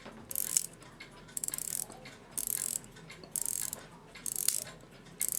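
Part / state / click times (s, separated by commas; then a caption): alarm mainspring end in the spring barrel catch of a mechanical alarm clock / not seated / none. While the alarm of a post-WWII Europa 7 Jewels mechanical alarm clock is wound, ratchet clicks come in bursts at about 0.4–0.6, 1.4–1.8, 2.4–2.8, 3.4–3.8, 4.3–4.7 and 5.2 seconds. The end of the alarm mainspring fails to hold on the catch inside the spring barrel and pops past it instead of locking, so nothing has seated and the alarm will not wind up. The pop cannot be told apart from the ratchet clicks.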